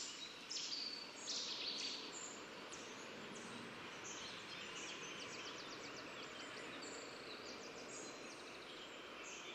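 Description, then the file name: Eurasian wren song, faint high notes and trills over loud steady background noise. "Troglodytes troglodytes"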